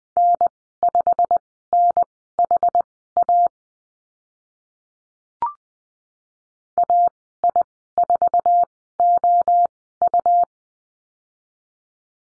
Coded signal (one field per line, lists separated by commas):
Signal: Morse code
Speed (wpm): 19 wpm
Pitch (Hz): 700 Hz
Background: none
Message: N5NHA AI4OU